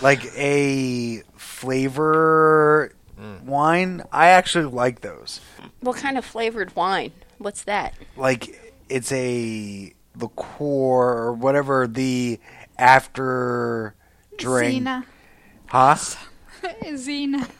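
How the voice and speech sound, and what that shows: Adult stroke survivor in conversation with other speakers, showing aphasia with word-finding difficulty: long pauses and drawn-out hesitations while describing a flavored wine or after-dinner drink, producing 'Zina' in place of Zima. Member of the Stroke Comeback Center.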